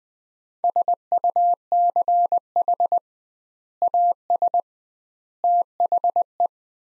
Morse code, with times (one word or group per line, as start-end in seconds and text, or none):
0.6-3.0 SUCH
3.8-4.6 AS
5.4-6.5 THE